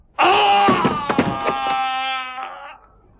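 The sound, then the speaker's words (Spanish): A long, loud wailing scream with a strained, harmonic tone that slowly falls in pitch and fades, punctuated by a few sharp thuds and knocks partway through. “Había sido un espantoso grito.”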